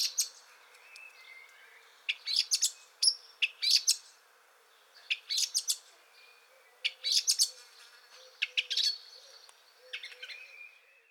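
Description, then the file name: Eurasian blackcap with bursts of rapid, varied chirping and twittering notes in short phrases, separated by brief pauses. "Sylvia atricapilla"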